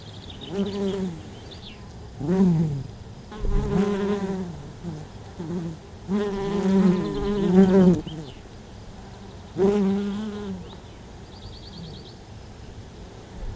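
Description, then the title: Western honey bee buzzing in flight, low droning hum swelling and fading as bees pass, pitch bending up and down, several separate passes with quieter gaps between. Domestic honey bees recorded at Buoux, Vaucluse, France, in May 2001. "Animus. Abeilles domestiques - Buoux, Vaucluse - mai 2001"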